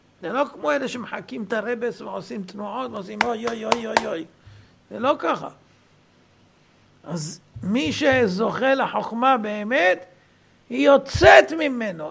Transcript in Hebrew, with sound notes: זה לא כמו אלה שמחקים את הרב'ה ועושים תנועות ועושים - 'אוי אוי יו יו יו...' {עם מחיאות כפיים} זה לא ככה, אז מי שזוכה לחכמה באמת - היא יוצאת ממנו!